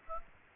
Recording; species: mosquito wingbeat signal from an infrared sensor; Aedes aegypti